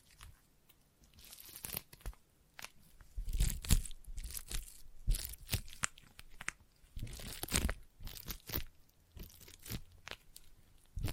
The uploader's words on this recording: ASMR Intense Sticky Tapping and Sticky Triggers (No Talking).